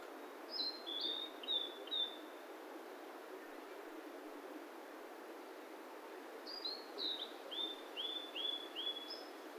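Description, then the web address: Bird calls: two quick runs of high, thin, downslurred whistled notes, several seconds apart, over a steady background hiss. "yacho koe"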